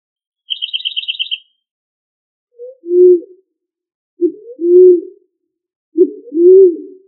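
Pigeon or dove giving three low coo phrases, each a short note followed by a longer rounded coo, evenly spaced, after a rapid high pulsed trill at the start.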